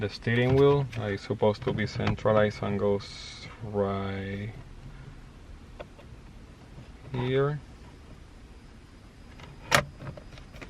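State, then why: Seated. A replacement plastic clock spring (multi-function combination switch) is centered and pushed onto the steering column of a 2008 Mercedes-Benz W204 while someone talks. It snaps into place with one sharp click at 9.8 s, and the clock spring is seated.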